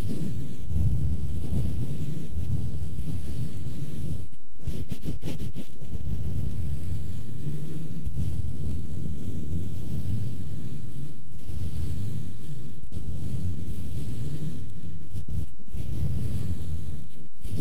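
Scratching sound, heard as a dense, dull rubbing rumble that runs almost continuously and stays low and muffled. It breaks off in short pauses, a cluster of quick stops around four to five seconds, then single gaps near 11, 13, 15 and 17 seconds.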